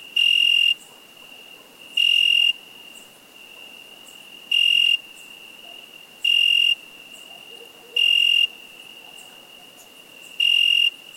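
A cricket repeats bright, high chirps roughly every two seconds, six in all, above a soft constant high trill.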